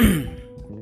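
An adult woman gives a single short, weird-sounding cough. It comes from allergies that returned after nine years without symptoms, bringing sneezing, coughing and body aches, later diagnosed as a sinus infection (sinusitis).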